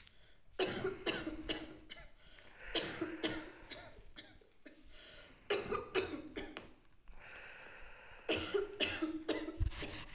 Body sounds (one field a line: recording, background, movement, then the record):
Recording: deep breathing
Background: a bystander coughing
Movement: sitting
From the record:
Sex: male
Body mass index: 20.6 kg/m2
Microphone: on the chest, facing the body